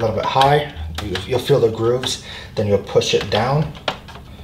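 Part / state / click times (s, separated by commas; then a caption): plastic cover onto 3D printer print head / not seated / none. After a hotend swap on a QIDI Tech 3D printer, a plastic cover is handled at the print head, to be slid on from slightly high along its grooves and then pushed down, while someone talks throughout. Soft handling and scraping noises sit under the speech, and nothing has seated or clicked into place yet.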